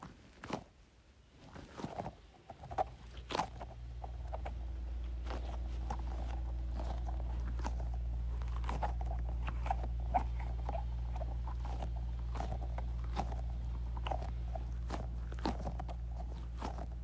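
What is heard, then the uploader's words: A squishy ball is squeezed over and over, giving soft, irregular squelches and small crackles that come every half second or so. After about four seconds a low, steady hum starts and stays underneath to the end, with the squeezing sounds fairly bright. Squeezing Squishy Ball.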